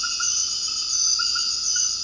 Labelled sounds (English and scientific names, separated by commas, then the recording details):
none
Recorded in dense forest near Puerto Asís, Putumayo, Colombia, on 18 February 2024 at 23:00
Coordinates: 0.481, -76.318
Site G6421